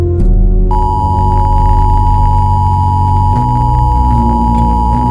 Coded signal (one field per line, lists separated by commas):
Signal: Emergency Alert System (SAME) tones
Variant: 853 and 960 Hz attention tone